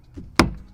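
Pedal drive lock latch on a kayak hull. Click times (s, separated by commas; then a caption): 0.4 s. On an Old Town Salty PDL 120 kayak, the plastic lock lever is pushed to lock the pedal drive into its well in the hull. After a faint low rustle, a single sharp, broadband click sounds at 0.4 s and fades within about two tenths of a second. The click confirms the pedal drive is locked in place.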